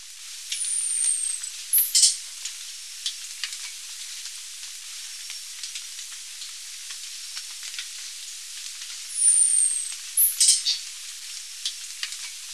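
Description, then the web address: Golden-winged manakin calling twice. Each call is a high, thin, slurred whistle followed by several rasping, crackling notes, over a steady insect hiss. Recorded in Ecuador. "Birds of Ecuador Golden-winged Manakin"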